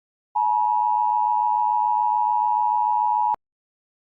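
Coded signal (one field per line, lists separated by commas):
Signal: Emergency Alert System (SAME) tones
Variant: 853 and 960 Hz attention tone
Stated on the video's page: Fictional EAS scenario about a continental storm.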